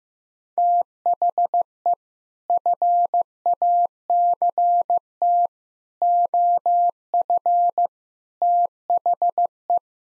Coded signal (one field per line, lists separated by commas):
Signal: Morse code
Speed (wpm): 15 wpm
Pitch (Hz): 700 Hz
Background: none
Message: THE FACT OF THE